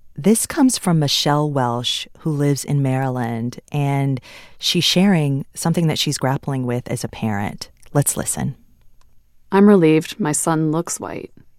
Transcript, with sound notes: This comes from Michelle Welsh, who lives in Maryland, and she's sharing something that she's grappling with as a parent. Let's listen.
(SOUNDBITE OF AUDIOBOOK, "OUR HIDDEN CONVERSATIONS: WHAT AMERICANS REALLY THINK ABOUT RACE AND IDENTITY") I'm relieved my son looks white.